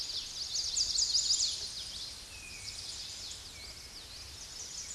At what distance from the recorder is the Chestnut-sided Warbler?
about 25 m